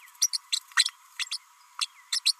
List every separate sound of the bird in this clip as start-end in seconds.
0.21-0.29, 0.33-0.39, 0.52-0.59, 0.76-0.84, 1.80-1.86, 2.12-2.19, 2.25-2.33